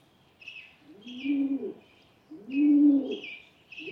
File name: Rock Pigeon